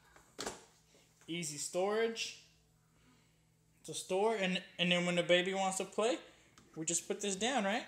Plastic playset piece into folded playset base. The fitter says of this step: And then this piece snaps back in.